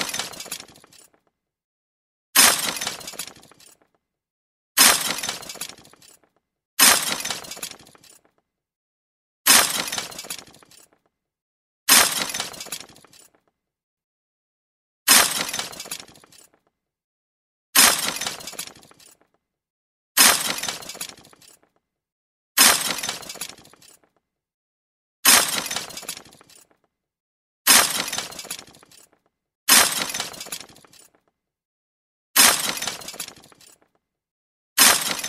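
Glass shatters again and again, each bright crash trailing into tinkling shards, repeating roughly every two to three seconds with silence between.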